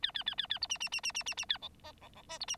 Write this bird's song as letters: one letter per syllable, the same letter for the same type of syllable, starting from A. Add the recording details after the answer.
A A A A A B C C C C C C C A D E D D F B C. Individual Bird9